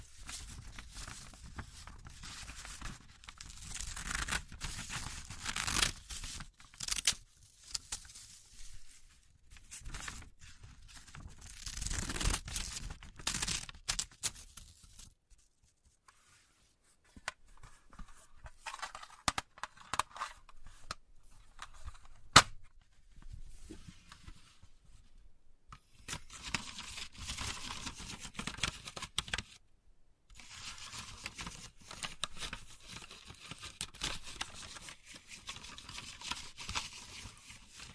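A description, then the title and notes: Wood burning with uneven crackling and sharp pops, busy bursts around 5–13 seconds, a quieter stretch near 15–17, then steadier crackle. ASMR Relaxing Wood Burning Sounds for Sleep (No Talking).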